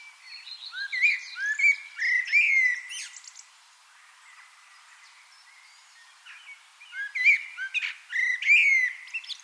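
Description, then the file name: Common blackbird song: two warbling fluty phrases with twittering high endings, separated by a few seconds of near quiet. "Turdus merula"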